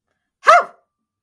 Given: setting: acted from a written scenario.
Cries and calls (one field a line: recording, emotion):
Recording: vocal sound without words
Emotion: pain